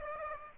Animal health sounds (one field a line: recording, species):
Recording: mosquito wingbeat signal from an infrared sensor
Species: Aedes aegypti